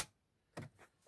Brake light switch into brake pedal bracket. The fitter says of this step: on sam tu škljocne.